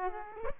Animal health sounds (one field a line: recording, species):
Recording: mosquito wingbeat signal from an infrared sensor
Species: Aedes aegypti